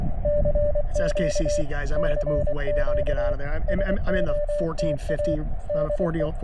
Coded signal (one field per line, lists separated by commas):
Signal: Morse code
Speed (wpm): 24 wpm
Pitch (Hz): 590 Hz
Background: speech, radio noise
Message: CQ CQ SOTA DE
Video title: Hunter Mountain SOTA